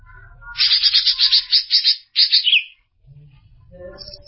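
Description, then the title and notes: Greater green leafbird song: a fast, rattling run of sharp, chattering notes, a brief pause, then a short, slurred phrase, with faint low rumbling underneath. Described as a champion songbird. "Kicau Burung Cucak Ijo Juara. Suara kicauan burung cucak ijo"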